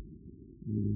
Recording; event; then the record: neck accelerometer signal played as sound; no cough (speech, laughter, throat clearing or background)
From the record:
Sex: female